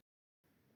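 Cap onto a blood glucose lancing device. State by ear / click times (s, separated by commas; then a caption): not seated / none. The plastic cap of a G-520 blood glucose meter's lancing device is set into its grooves and twisted clockwise toward its locked position. A faint trace at the very start drops into near silence until about 0.4 s, followed by a steady, low-level broadband noise to the end. Nothing has seated or clicked yet; the cap is still being handled.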